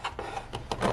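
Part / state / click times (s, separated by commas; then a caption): 3D-printed plastic part onto the emergency light housing / seated / 0.7 s. A 3D-printed plastic part is pressed onto a Ryobi automatic emergency light housing after the wires have been routed through the opening. Short rubbing and tapping sounds lead to a sharp snap at 0.7 s. The part is seated in place.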